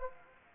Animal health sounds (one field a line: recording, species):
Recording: mosquito wingbeat signal from an infrared sensor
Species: Anopheles gambiae